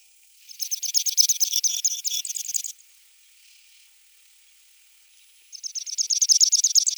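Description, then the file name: Pechora pipit singing two bursts of a rapid, insect-like trilled rattle, the first about two seconds long and the second cut off at the end after about one and a half seconds, separated by a pause of nearly three seconds. "konek sibirskiy golos"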